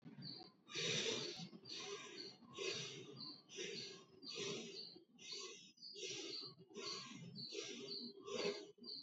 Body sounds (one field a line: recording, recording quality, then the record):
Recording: deep breathing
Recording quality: moderate, slight background noise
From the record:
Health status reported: COVID-19 positive, mild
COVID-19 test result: positive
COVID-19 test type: RT-PCR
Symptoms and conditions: cough, cold, fever, fatigue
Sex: male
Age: 23 years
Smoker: no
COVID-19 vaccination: both doses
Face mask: not worn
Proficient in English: yes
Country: India